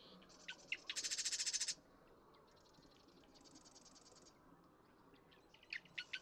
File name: Marsh Wren